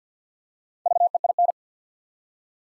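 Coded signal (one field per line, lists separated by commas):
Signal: Morse code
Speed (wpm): 50 wpm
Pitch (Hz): 700 Hz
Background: none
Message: VEIN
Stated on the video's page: Morse practice set at 50 wpm, building 4-letter words one letter at a time.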